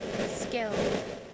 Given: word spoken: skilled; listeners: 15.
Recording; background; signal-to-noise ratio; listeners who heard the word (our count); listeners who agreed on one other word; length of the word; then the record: one English word in noise, from a listening test; noise modulated by three-talker babble; -4.6 dB; 2 of 15; 13 of 15; 0.94 s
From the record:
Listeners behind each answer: 13, 2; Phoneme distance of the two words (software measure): 7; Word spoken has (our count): 1 syllable, 5 phonemes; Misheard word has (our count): 1 syllable, 4 phonemes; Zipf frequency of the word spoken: 3.95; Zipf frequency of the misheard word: 4.40